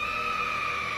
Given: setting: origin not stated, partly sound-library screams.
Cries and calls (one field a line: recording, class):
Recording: one-second piece from a danger detection set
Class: woman in danger